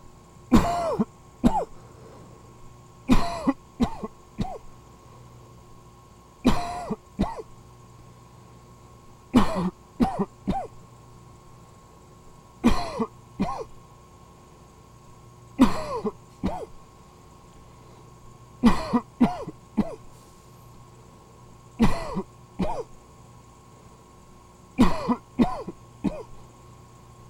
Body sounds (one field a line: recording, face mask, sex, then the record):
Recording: voluntary coughing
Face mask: surgical mask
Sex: male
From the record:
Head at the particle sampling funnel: tilted down, bridge of the nose in front of it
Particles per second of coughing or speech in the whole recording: 7.36